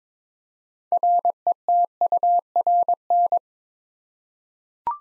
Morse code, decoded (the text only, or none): RETURN